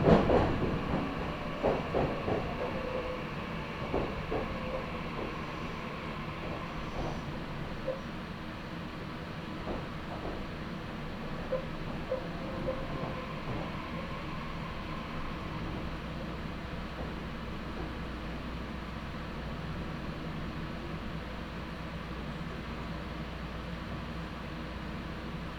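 A Meitetsu Nishio Line train runs with a steady low rumble and hiss throughout. Clattering knocks and squeaky ticks come often in the first dozen seconds, loudest at the very start, then thin out as the noise settles into an even drone.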